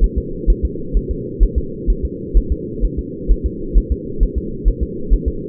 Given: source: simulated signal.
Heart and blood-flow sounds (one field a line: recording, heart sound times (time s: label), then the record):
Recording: fetal heart sounds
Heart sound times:
0.04 s: S1
0.18 s: S2
0.50 s: S1
0.65 s: S2
0.97 s: S1
1.11 s: S2
1.43 s: S1
1.58 s: S2
1.90 s: S1
2.05 s: S2
2.37 s: S1
2.52 s: S2
2.85 s: S1
2.99 s: S2
3.31 s: S1
3.46 s: S2
3.78 s: S1
3.92 s: S2
4.23 s: S1
4.38 s: S2
4.68 s: S1
4.83 s: S2
5.13 s: S1
5.28 s: S2
From the record:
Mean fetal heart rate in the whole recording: 130 bpm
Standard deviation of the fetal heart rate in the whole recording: 2 bpm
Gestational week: 36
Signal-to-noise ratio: -4.3 dB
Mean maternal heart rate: 72 bpm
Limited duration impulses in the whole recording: absent